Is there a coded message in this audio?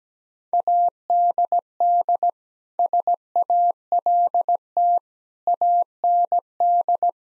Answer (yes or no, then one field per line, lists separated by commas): yes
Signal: Morse code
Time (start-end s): 0.5-7.1 s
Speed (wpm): 17 wpm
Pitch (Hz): 700 Hz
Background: none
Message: ADD SALT AND